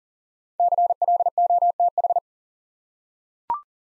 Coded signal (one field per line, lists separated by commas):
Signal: Morse code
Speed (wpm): 39 wpm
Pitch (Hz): 700 Hz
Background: none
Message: CLOTH